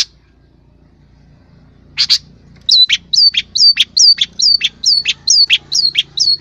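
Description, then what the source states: Long-tailed shrike song: after two brief high notes, a quick run of sharp, down-slurred whistled notes repeated rapidly, each ending in a short buzz. Training recording for cage birds (masteran).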